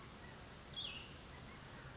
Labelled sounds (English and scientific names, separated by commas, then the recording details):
Cassin's Vireo (Vireo cassinii)
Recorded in Sonoma County, California